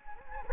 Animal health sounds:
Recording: mosquito wingbeat signal from an infrared sensor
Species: Anopheles gambiae

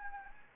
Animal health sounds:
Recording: mosquito wingbeat signal from an infrared sensor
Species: Anopheles gambiae

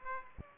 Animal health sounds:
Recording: mosquito wingbeat signal from an infrared sensor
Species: Aedes aegypti

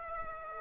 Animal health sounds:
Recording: mosquito wingbeat signal from an infrared sensor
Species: Aedes aegypti

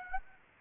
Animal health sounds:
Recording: mosquito wingbeat signal from an infrared sensor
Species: Aedes aegypti

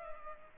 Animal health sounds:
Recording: mosquito wingbeat signal from an infrared sensor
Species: Culex pipiens

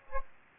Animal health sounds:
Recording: mosquito wingbeat signal from an infrared sensor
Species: Aedes aegypti

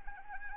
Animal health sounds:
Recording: mosquito wingbeat signal from an infrared sensor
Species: Anopheles arabiensis

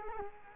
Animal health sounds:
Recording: mosquito wingbeat signal from an infrared sensor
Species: Culex quinquefasciatus

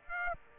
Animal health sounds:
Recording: mosquito wingbeat signal from an infrared sensor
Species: Aedes aegypti

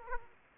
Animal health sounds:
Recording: mosquito wingbeat signal from an infrared sensor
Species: Aedes aegypti

